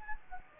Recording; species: mosquito wingbeat signal from an infrared sensor; Anopheles gambiae